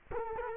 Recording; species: mosquito wingbeat signal from an infrared sensor; Culex quinquefasciatus